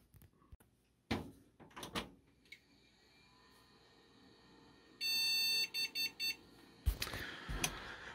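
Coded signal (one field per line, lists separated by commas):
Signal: beep code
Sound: clicks and thuds, then one long buzzy beep and three short beeps, more handling noise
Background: handling thuds, room noise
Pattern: 1 long, 3 short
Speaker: apparently this is my third or fourth time attempting to boot this thing apparently that beep codes means uh a bad video card or video card not detected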